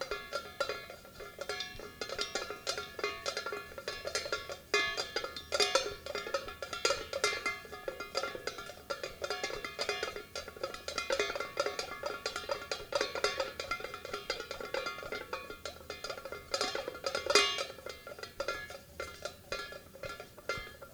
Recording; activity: daily activity, guitar pickup as the sensor; fry